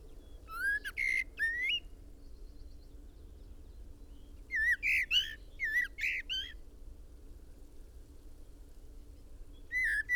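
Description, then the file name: Common blackbird giving repeated clusters of slurred, harmonic whistles, grouped in bursts separated by quiet gaps, over a steady low hum. "Turdus merula"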